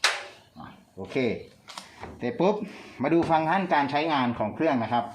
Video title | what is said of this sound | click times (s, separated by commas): เครื่องซักผ้า samsung ฝาบน 23 กิโล | กลับเข้าคืนต้องมีเสียงดังแก๊กนะครับโอเค | 0.0 s